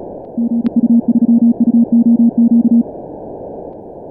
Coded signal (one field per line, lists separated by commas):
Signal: Morse code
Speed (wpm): 36 wpm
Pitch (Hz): 230 Hz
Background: none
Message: GU3UOQ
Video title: Good run 48q in 10 Min Morse Runner/Dxlog.net